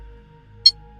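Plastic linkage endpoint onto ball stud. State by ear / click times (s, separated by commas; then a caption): partly seated / 0.7 s. A plastic linkage end is pressed onto its ball stud on an RC car, giving a single sharp, bright click at 0.7 s over a faint steady low hum. The linkage end is not fully seated on the stud.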